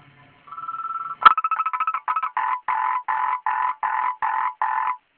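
Frog call: a steady tone breaks into a click and then regular, buzzy croaks repeated until it stops.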